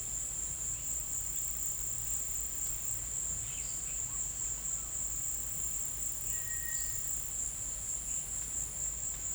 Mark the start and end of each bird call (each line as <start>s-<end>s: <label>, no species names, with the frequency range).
6.22s-7.04s: bird call (1.7-2.4 kHz)